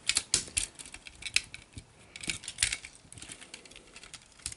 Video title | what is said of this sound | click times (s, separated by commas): Chase Report week 32 2020 : Welly & RMZ City car haulers | they click in to place really firmly | 0.3 s, 1.4 s